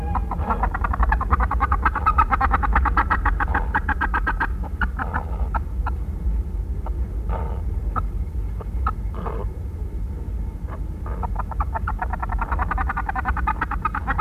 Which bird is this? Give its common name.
Andean Goose